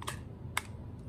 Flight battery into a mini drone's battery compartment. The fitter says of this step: quando a gente vai colocar ela faz um clique